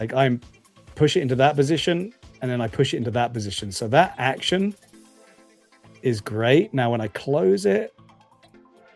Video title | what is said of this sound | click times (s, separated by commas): Ya NEED it !! - Episode 31 - SERIES 10 'VAULT' BOX SETS | again, I don't have the sideways movement on the close and you can hear the click. | 8.4 s, 8.5 s